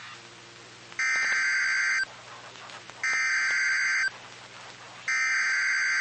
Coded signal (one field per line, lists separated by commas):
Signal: Emergency Alert System (SAME) tones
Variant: header bursts